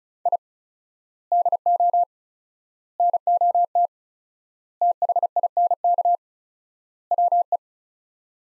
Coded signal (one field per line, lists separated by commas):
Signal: Morse code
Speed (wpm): 36 wpm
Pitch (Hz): 700 Hz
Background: none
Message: I DO NOT THINK WE